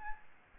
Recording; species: mosquito wingbeat signal from an infrared sensor; Aedes albopictus